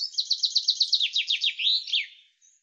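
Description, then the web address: Common chaffinch song: a rapid descending trill of about a dozen notes, slowing into a rising then falling terminal flourish, against silence. "Deverinetal 2025 File cleaned normalized Bird Fr Co"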